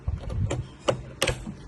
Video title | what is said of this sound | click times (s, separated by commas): How to Connect CU BU And VVPAT - Lok Sabha Elections 2024 - Sealing of EVM after Mock Poll 2024 | आपको click की sound सुनाई देगी ये हो चुकी है हमारी ballot unit to connect | 1.2 s